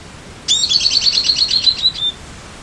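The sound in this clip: Bird giving a high, thin trill of about a dozen rapid repeated notes, lasting roughly one and a half seconds, with a quiet background.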